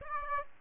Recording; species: mosquito wingbeat signal from an infrared sensor; Aedes aegypti